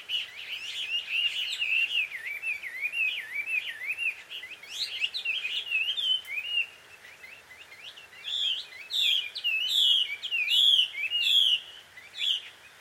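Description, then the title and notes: Bird calls, a continuous chattering of quick warbled notes, later joined by sharper, higher chirps in rapid bursts. Birds quarrelling, described as a married couple's fight, at dusk; field recording in Takao, Japan. "鳥の夫婦喧嘩 – Birds Quarrel At Dusk. Recorded in Takao Japan"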